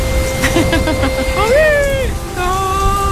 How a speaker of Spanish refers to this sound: Y pedimos un deseo, mi cielo, que esta lluvia se lleve todo lo malo, que limpie las malas energías que estaban estancadas con esa humedad.